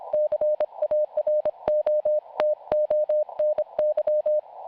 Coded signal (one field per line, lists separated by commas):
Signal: Morse code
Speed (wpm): 25 wpm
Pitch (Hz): 610 Hz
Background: none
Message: CARO TONY